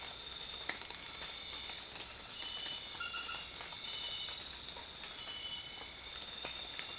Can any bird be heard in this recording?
no